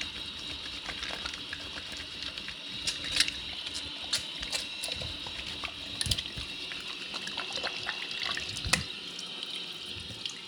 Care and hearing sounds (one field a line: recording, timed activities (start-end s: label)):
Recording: household activities, microphone on the right wrist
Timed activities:
0.00-10.48 s: washing hands